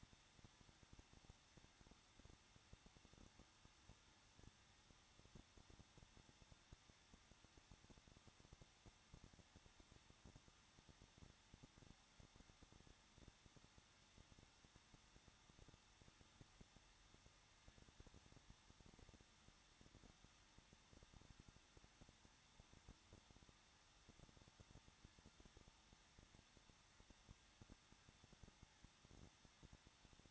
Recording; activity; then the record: daily activity, microphone in the room; no activity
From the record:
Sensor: 3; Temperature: 21.2 degrees Celsius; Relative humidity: 36.4%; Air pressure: 1006.3 hPa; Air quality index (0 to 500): 222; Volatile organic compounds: 42 ppm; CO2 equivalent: 3175 ppm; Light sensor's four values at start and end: 2/3/2/2 and 2/3/2/2